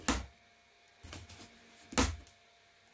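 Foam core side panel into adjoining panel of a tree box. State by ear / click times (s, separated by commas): seated / 0.1 s, 2.0 s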